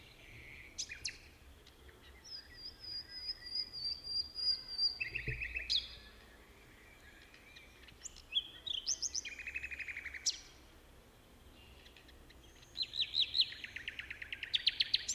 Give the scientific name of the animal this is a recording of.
Luscinia megarhynchos